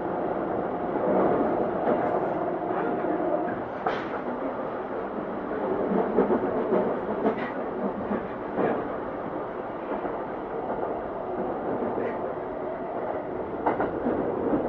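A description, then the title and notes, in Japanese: A Keikyu 2100 series train running between Yokohama and Misakiguchi, heard as a steady, dense rumble with a strong low-middle roar and a faint tonal whine. Brief clicks and clacks from the wheels break through irregularly, notably around four, seven to nine, and thirteen seconds. 京急2100形 横浜〜三崎口。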